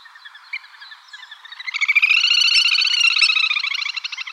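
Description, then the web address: Little grebe trilling call, a rapid whinnying string of bright notes that starts soft, swells loudly after a second and a half, then carries on at a steady fast pace. "birdenaga kaituburi"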